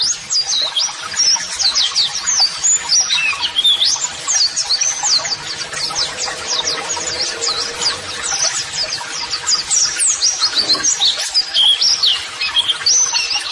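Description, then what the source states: White-eye song: nonstop rapid high chirping and twittering with frequent downslurred notes, lively and dense for the whole passage. White-eye (pleci) singing vigorously ('gacor'); song used as a model for training other birds.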